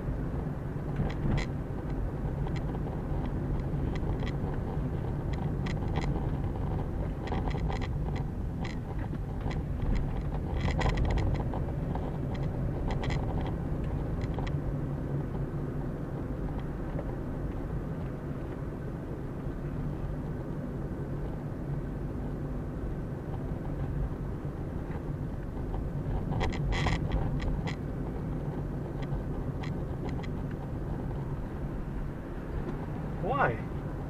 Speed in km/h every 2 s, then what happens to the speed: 36, 36, 34, 29, 24, 27, 32, 35, 36, 36, 35, 35, 33, 32, 33, 32, 31.
4-8 slows to 24. 8-15 speeds up to 36. 15-34 steady at about 33.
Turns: none.